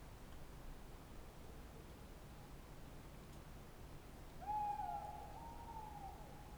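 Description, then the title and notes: Tawny owl: a quiet stretch, then near the end one prolonged hoot, over a low background rumble throughout. "314 Rte des Galets, Alles-sur-Dordogne, France - Chouette de Limeuil. Magnifique chouette hulotte en bord de Dordogne dans l'acoustique boisé de cette belle nuit étoilée!"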